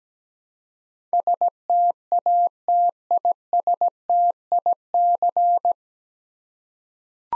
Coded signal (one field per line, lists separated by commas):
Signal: Morse code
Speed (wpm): 17 wpm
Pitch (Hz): 700 Hz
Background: none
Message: STATISTIC